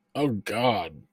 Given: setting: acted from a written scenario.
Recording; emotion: vocal sound without words; disgust